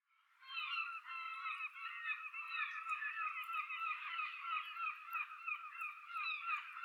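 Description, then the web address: Many gulls screeching together in a dense, continuous chorus of overlapping harsh calls, steady throughout. "rixty Open Valley. screeching seagulls"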